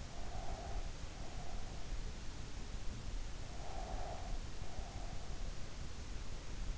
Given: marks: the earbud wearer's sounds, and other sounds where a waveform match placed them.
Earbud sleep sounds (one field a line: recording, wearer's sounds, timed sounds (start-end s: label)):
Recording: sounds in sleep by an in-ear microphone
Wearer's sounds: breath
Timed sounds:
0.07-2.04 s: breath
3.48-5.34 s: breath